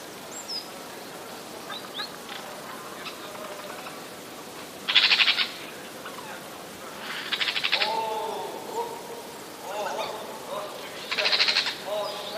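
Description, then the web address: Eurasian jay uttering three coarse, rasping screeches a few seconds apart, with fainter lower sounds between. Alarm or warning calls, recorded 27 January 2013. "ostrzegator sojka 27 01 2013"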